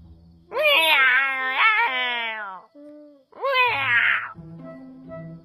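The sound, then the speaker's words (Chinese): A person's voice imitates a cat while pawing at a sword tassel like a cat, giving two drawn-out, wavering meows with a gap between them and a soft murmur after. The high, nasal yowls are loud and clear. “就见展昭伸手跟只猫似的撩拨那剑穗，边抓还边喵”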